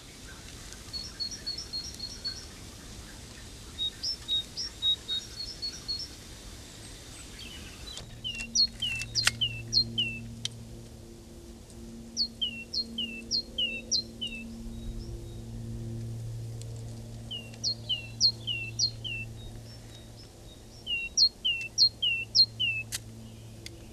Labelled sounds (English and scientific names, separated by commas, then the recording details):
Great Tit (Parus major) song
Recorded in the wild
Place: Locarno, Tessin, CH
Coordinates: 46.1689, 8.78861
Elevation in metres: 214
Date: 1978-03-10
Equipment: Uher 4000 Report
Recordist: Tretzel, Erwin
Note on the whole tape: Locarno, Schweiz: Reviergesang "zidä" und "dibäck"